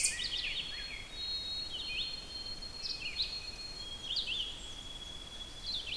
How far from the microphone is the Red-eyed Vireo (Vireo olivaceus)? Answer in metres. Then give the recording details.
about 50 m. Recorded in boreal forest in Alberta, Canada, on 6 June 2016 at 05:56. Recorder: SongMeter 3, array SBT-3-51. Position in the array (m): 37 m, 109 m